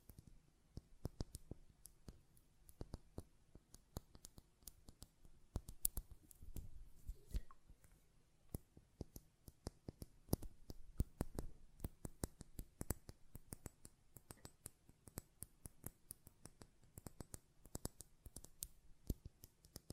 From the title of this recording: Glass Perfume Bottle Tapping & Lid Sounds